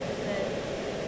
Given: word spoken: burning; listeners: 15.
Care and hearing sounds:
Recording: one English word in noise, from a listening test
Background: speech-shaped noise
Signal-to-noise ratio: -6.3 dB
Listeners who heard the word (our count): 0 of 15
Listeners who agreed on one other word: 6 of 15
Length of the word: 0.68 s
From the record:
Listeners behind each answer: 6, 2, 2, 1, 1, 1, 1, 1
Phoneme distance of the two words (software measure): 24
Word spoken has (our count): 2 syllables, 5 phonemes, stress on syllable 1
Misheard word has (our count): 1 syllable, 3 phonemes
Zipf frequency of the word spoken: 4.41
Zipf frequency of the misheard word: 4.85

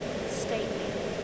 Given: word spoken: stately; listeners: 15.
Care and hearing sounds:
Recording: one English word in noise, from a listening test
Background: speech-shaped noise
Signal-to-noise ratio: -6.5 dB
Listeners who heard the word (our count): 4 of 15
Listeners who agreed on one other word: 7 of 15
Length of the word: 0.84 s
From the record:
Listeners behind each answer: 7, 4, 1, 1, 1, 1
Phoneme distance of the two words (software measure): 34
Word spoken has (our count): 2 syllables, 6 phonemes, stress on syllable 1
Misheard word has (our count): 2 syllables, 8 phonemes, stress on syllable 1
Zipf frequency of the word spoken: 3.62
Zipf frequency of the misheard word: 4.75

